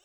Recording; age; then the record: pig call; piglet (1 to 25 days)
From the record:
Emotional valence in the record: positive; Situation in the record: reunion after long isolation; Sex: male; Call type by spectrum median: high-frequency call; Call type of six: low-frequency tonal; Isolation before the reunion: 8 minutes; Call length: 0.05 s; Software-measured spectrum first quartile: 2073 Hz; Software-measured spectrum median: 4076 Hz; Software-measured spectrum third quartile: 7343 Hz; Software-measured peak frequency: 3030 Hz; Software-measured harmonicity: 1.9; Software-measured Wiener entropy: -1.30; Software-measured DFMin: 508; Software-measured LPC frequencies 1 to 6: 645, 1492, 2931, 3666, 5526, 6681 Hz